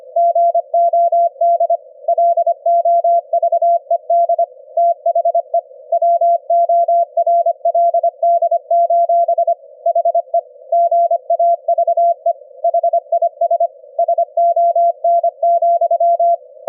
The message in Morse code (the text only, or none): GOD LOVED THE WORLD: HE GAVE HIS SON,